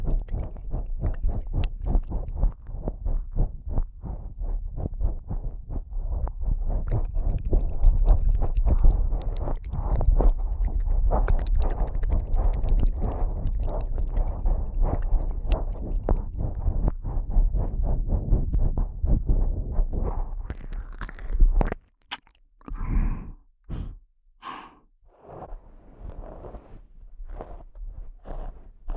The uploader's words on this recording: ASMR Christmas Ear Eating.